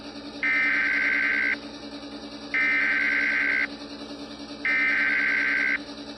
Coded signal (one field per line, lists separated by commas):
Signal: Emergency Alert System (SAME) tones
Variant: header bursts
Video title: EAS scenario Vlad and Nikki Shorts